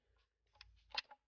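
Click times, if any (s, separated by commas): 1.0 s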